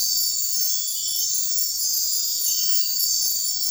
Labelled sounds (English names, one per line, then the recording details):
none
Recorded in secondary vegetation near Puerto Asís, Putumayo, Colombia, on 4 March 2025 at 01:00
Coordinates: 0.499, -76.323
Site G094